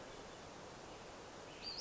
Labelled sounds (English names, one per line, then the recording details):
Western Flycatcher
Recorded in Sonoma County, California